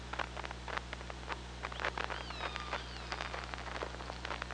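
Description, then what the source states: Killer whale calls, thin tonal sweeps rising and falling in the middle, among dense clicking and crackling underwater noise with a steady low hum. Hydrophone at OrcaLab, 24 August 2017, 15:49.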